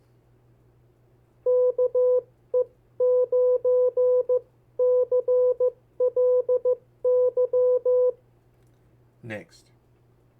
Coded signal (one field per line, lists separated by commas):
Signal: Morse code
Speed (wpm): 15 wpm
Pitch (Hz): 500 Hz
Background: speech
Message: KE9CLY